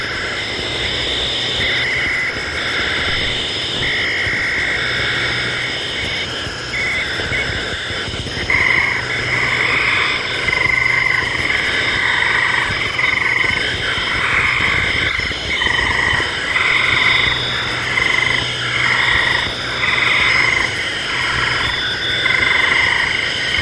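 Electronic-sounding crickets drone in dense, layered bands of buzzing tones, steady at first and then louder and pulsing from around eight seconds on, warbling in quick repeated bursts. A low, rough rumble runs underneath throughout.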